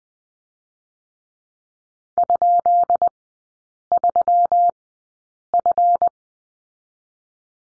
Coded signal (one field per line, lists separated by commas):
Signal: Morse code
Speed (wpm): 20 wpm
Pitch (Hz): 700 Hz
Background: none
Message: ?3F